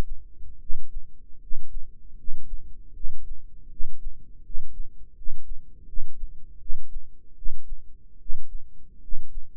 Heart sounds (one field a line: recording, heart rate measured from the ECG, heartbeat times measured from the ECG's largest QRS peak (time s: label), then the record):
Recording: heart sounds by microphone in the right ear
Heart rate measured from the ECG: 78 bpm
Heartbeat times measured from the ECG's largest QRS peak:
0.58 s: heartbeat
1.39 s: heartbeat
2.15 s: heartbeat
2.92 s: heartbeat
3.68 s: heartbeat
4.41 s: heartbeat
5.13 s: heartbeat
5.85 s: heartbeat
6.58 s: heartbeat
7.34 s: heartbeat
8.17 s: heartbeat
9.00 s: heartbeat
From the record:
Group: healthy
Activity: rest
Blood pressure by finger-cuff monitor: 122/67 mmHg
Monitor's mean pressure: 83 mmHg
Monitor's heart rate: 79 bpm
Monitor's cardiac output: 8 L/min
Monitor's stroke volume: 100 mL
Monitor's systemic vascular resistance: 740 dyn s/cm5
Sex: male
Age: 35 years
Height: 180 cm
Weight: 86.9 kg